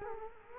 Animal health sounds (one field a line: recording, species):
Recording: mosquito wingbeat signal from an infrared sensor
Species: Culex quinquefasciatus